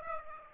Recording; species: mosquito wingbeat signal from an infrared sensor; Aedes aegypti